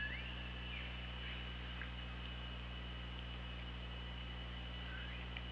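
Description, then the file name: Killer whale calls, several sweeping, upturned squealing tones spread throughout, over a constant low mechanical hum and hiss underwater. Recorded by hydrophone on 24 August 2017 at 15:15. "Orca Lab. 20170824 151500"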